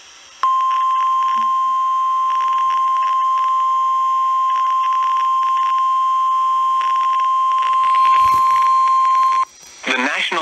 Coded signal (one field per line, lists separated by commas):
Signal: Emergency Alert System (SAME) tones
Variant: 1050 Hz attention tone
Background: speech